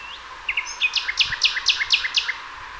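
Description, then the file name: Common nightingale song: two quick notes, a short whistle, then a loud run of sharp repeated chirps at a steady pace. "Luscinia megarhynchos"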